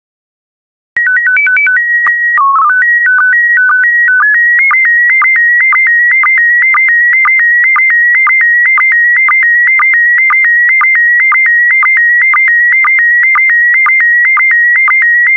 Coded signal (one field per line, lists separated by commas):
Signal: SSTV (slow-scan television)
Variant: PD 120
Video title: 10036 Air Shows SSTV PD120